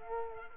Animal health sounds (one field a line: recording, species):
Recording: mosquito wingbeat signal from an infrared sensor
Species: Culex quinquefasciatus